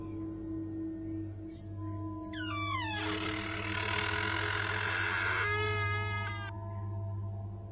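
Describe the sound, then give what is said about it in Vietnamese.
A door creaks slowly open in a long, wavering squeal that bends downward in pitch, then rises into a sustained harmonic groan before stopping, over a steady low hum. “Cánh cửa kêu khẽ lên một tiếng, rồi từ từ kẽo kẹt mở ra.”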